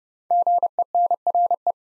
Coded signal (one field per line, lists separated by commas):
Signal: Morse code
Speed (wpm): 30 wpm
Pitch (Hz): 700 Hz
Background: none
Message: GENRE